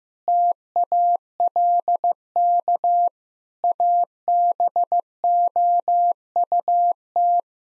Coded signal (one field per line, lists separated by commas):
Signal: Morse code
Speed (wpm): 15 wpm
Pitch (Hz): 700 Hz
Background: none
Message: TALK ABOUT